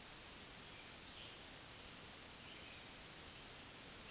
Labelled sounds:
Black-throated Green Warbler (Setophaga virens) song
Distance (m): 35 m
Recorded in a Pennsylvania forest on 1 June 2023 at 08:47
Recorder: AudioMoth, point grid3_26_high
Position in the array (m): 183 m, 21 m

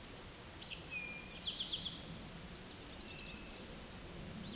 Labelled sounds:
Eastern Towhee (Pipilo erythrophthalmus) song
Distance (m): 35 m
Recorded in a Pennsylvania forest on 17 May 2023 at 13:24
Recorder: AudioMoth, point grid1_31_low
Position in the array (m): 112 m, 106 m

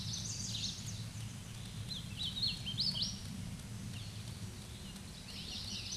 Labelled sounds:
Hooded Warbler (Setophaga citrina) song
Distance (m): 30 m
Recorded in a Pennsylvania forest on 18 May 2023 at 12:33
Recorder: AudioMoth, point grid1_35_low
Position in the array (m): 166 m, 171 m

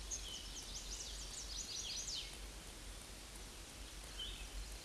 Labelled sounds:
Chestnut-sided Warbler (Setophaga pensylvanica) song
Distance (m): 35 m
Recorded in a Pennsylvania forest on 18 May 2023 at 07:29
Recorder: AudioMoth, point grid1_13_low
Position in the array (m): 168 m, 133 m

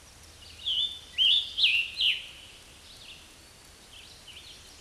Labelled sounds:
Scarlet Tanager (Piranga olivacea) song
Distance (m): 10 m
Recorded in a Pennsylvania forest on 19 May 2023 at 10:26
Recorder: AudioMoth, point grid1_30_low
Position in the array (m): 181 m, 82 m

